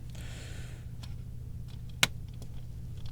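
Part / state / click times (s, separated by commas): plastic wheel axle into a model car's plastic base / not seated / none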